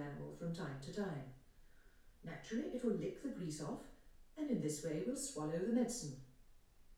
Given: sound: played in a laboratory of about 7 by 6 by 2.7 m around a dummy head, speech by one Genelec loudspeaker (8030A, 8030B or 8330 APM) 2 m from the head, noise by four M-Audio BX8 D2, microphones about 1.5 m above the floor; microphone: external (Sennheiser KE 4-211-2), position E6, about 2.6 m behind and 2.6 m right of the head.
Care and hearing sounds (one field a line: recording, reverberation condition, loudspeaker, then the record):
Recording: female speech in English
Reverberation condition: medium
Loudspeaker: 30 degrees to the right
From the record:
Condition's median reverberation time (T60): about 510 ms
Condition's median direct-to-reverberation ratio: about -0.5 dB